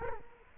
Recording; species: mosquito wingbeat signal from an infrared sensor; Culex quinquefasciatus